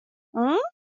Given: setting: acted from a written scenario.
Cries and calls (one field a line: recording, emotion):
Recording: vocal sound without words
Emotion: confusion